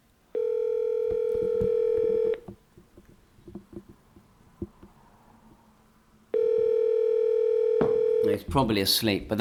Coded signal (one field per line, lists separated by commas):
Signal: telephone call progress tone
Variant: North America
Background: speech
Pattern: ringback tone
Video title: CISCO 525G-Multiple Servers - Hamshack Hotline Server and KE8LCM Server